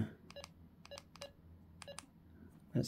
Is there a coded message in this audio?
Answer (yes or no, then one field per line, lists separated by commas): no